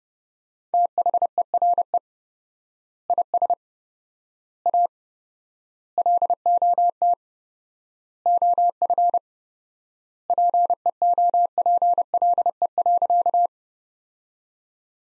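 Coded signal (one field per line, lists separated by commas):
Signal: Morse code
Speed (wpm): 30 wpm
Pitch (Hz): 700 Hz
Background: none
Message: THERE IS A LOT OF PEOPLE.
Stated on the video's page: Morse practice of sentences from the top 500 words at 30 wpm with 4x word spacing, a Farnsworth-like method applied to words.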